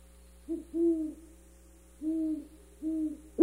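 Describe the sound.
Great horned owl hooting: low, muffled hoots in an uneven rhythm, a short one leading into longer ones, then a sharper final note.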